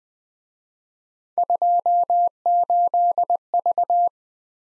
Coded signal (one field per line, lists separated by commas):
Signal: Morse code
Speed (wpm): 24 wpm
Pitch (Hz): 700 Hz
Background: none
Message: 28V